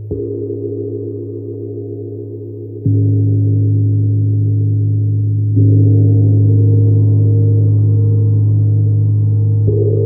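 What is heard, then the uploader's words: A gong hums with deep, sustained tones, struck again around three, five and a half, and ten seconds, each swell slightly louder. Deep Healing Sounds from Neptune Gong. The Neptune Gong produces resonant and soothing tones.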